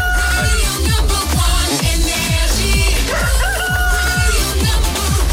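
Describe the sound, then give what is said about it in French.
A rooster crows over a loud, driving electronic beat with deep, regularly thumping bass kicks, its wavering call partly buried in the music, played at 6 a.m. on the radio station Énergie. “Qu'on amène le coq et qu'on le fasse chanter.”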